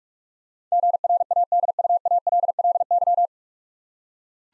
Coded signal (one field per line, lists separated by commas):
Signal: Morse code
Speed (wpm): 44 wpm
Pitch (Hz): 700 Hz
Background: none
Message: GRADUALLY